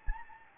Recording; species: mosquito wingbeat signal from an infrared sensor; Anopheles gambiae